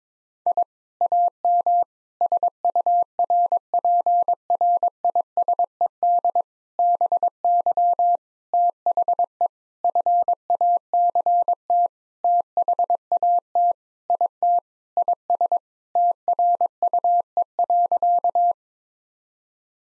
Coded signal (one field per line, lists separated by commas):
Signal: Morse code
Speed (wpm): 22 wpm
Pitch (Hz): 700 Hz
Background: none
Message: I AM SURPRISED BY THE FACT THAT IT IS TRUE.